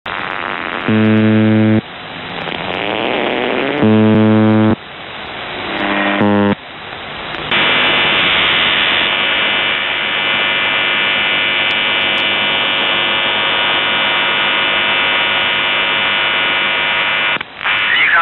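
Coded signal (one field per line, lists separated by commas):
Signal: channel marker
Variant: UVB-76 (The Buzzer)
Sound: three harsh low buzzes about a second each, then ten seconds of loud static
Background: radio static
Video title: The Buzzer/UVB-76(4625Khz) May 25th, 2023 09:27UTC Voice message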